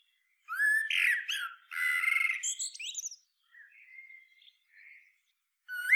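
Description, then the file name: Eurasian blackbird singing a mellow fluted warble that breaks into squeaky high twitters, then quieter soft notes before a new phrase begins at the end. "Turdus merula"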